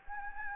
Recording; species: mosquito wingbeat signal from an infrared sensor; Anopheles gambiae